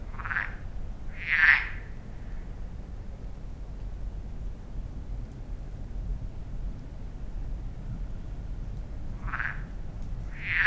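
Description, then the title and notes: Frog croaks in pairs, two short calls at the start, a long quiet stretch, then two more, over a low background rumble. Frogs at Lac de Barterand, Magnieu, France; echo reveals the hills around the lake; recorded in stereo ORTF with Sennheiser MKH8040 and Zoom F8. "Lac de Barterand - Magnieu, France - Échos batraciens. l’Observatoire PhoNographique Sensible du Rhône"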